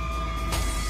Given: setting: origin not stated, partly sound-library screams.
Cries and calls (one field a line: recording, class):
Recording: one-second piece from a danger detection set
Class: woman in danger